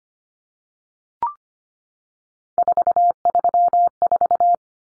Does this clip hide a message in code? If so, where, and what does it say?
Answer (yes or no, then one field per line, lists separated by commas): yes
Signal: Morse code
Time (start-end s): 2.6-4.5 s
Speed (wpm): 25 wpm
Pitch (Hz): 700 Hz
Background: none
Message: 434